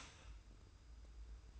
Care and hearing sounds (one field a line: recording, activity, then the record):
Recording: daily activity, microphone in the room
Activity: start toaster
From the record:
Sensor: 2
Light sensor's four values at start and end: 30/70/28/28 and 30/70/28/28